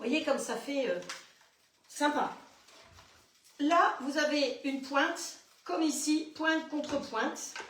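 Someone talks while a small blender jar is handled and its alignment points are lined up against those on its motor base, with a few faint handling sounds between the speech. Nothing has seated or clicked onto the base yet.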